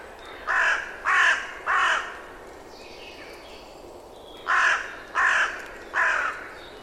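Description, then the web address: Bird producing a series of rough caws: three evenly spaced, a pause, then three more at the same steady pace. "birddata Deverinetal 2025 Bird Only"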